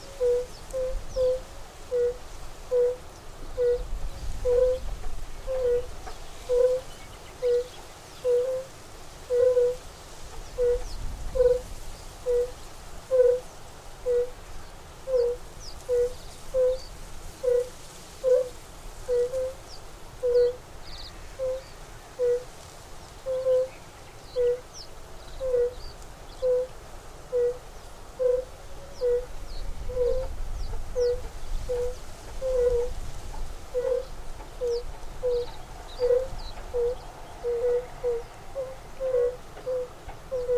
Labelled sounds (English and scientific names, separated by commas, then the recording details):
Fire-Bellied Toad (Bombina bombina) call
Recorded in the wild
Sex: male
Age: adult
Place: Falkenberger Rieselfelder, Barnim, Berlin, DE
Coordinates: 52.5839, 13.5542
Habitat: lake
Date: 1991-06-25 15:24
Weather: Wasser 24,5°C, Luft 24°C
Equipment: Uher 4000 Report Monitor, Sennheiser ME 80, K 30 AV, Original
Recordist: Frommolt, Karl-Heinz
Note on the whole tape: Rufe von 3 Tieren im Südbecken